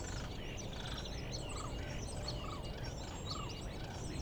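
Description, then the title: Common starling song: chattering whistles with several short burry trilled phrases, over steady background noise. Starlings settled outside a window in rural Poland, mimicking other species; rural birds imitate other birds rather than car alarms; Zoom F4, AT BP4025. "Goworów 6, 57-515, Poland - Starlings mimicking other species"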